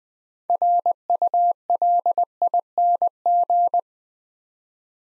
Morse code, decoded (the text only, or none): RULING